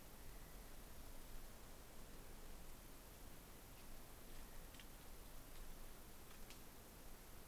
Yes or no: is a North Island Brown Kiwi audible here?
no